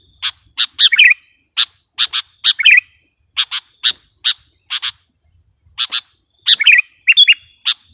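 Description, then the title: Sooty-headed bulbul giving rapid sharp chip notes in quick pairs and runs, broken by a few short bubbling warbled phrases. "kutilang"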